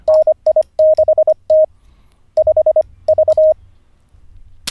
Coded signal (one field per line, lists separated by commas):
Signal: Morse code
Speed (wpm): 25 wpm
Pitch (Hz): 620 Hz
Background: none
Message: NI6T 5V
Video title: N0SSC Learns Morse Code (Day 47)